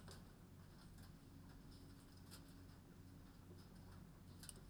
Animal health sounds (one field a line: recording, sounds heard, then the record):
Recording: poultry house recording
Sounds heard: no chicken sound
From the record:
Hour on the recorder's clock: 22